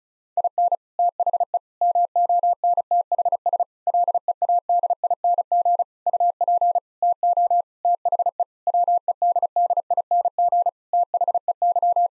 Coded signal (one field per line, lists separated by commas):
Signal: Morse code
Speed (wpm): 34 wpm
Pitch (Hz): 700 Hz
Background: none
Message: IN THE MONTHS LEADING UP TO THE WEDDING THEY